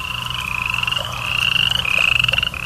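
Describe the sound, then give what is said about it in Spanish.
A nighttime chorus of frogs and crickets at a spring, frogs croaking in a rapid, pulsing rhythm over a steady high-pitched trill, growing slightly louder toward the end with no voices. “El canto de las ranas y de los grillos.”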